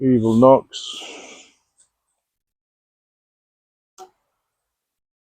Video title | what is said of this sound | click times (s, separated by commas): New nocks: Fast nock testing | Nice little click on the string. | 4.0 s